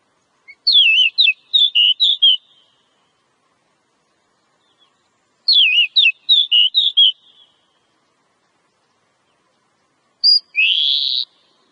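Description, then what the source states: Oriental magpie-robin giving short bursts of clear, warbled whistles, two busy phrases about five seconds apart, then a harsher buzzy note near the end. Female; Indonesian name kacer.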